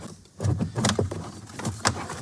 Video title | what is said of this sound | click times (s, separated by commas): How to Remove SRS Airbag Control Module & Seat Belts on a Nissan Maxima 2016-2019 - MyAirbags | When you hear it pop, it's just these plastic tabs here that are holding it | 1.9 s